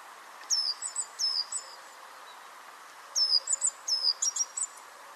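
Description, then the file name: Great tit calls: short high phrases of a downslurred whistle followed by quick sharp notes, given in two clusters with a quiet gap between, over a steady low hiss. "Parus major"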